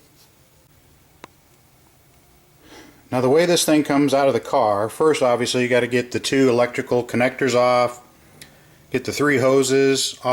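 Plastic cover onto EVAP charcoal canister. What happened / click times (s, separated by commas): The plastic cover snapped back into place / 1.2 s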